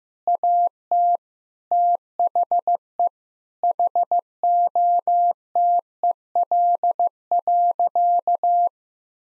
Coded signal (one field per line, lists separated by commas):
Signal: Morse code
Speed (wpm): 16 wpm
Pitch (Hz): 700 Hz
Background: none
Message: AT THE HOTEL.